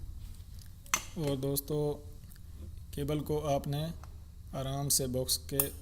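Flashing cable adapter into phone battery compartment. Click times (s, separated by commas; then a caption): 0.9 s. A flashing cable adapter is fitted into a phone's battery compartment onto the battery contacts, the way a battery goes in, then pressed down so its lock catches the phone's inner frame and holds without being held. A few faint ticks lead to a sharp snap at 0.9 s as it seats and locks. Someone talks afterward.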